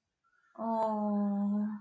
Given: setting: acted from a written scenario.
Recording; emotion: vocal sound without words; sympathy